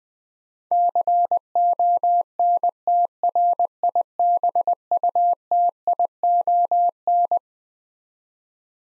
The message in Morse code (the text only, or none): CONTRIBUTION